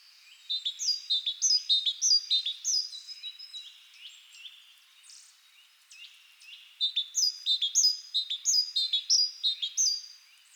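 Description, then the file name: Great tit calls, rapid runs of high, sharp chirping notes in two bursts separated by a short quieter gap. "Parus major"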